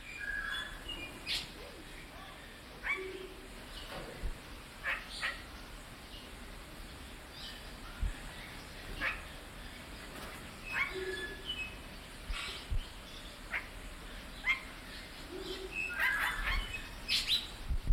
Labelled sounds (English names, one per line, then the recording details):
Golden Myna
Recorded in captivity
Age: adult
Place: Zoo Berlin, Berlin, DE
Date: 1992-11-07
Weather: bedeckt, 14°C
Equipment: Marantz CP 430, Sennheiser ME 80, Kopie Tesla B 116
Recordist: Tembrock, Günter
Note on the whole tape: Kurzlaute